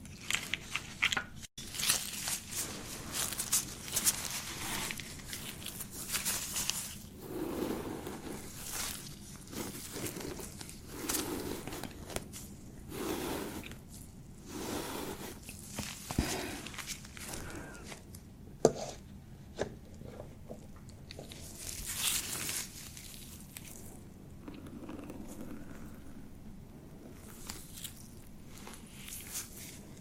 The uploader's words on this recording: ASMR Relaxing Beard Treatment [NO TALKING].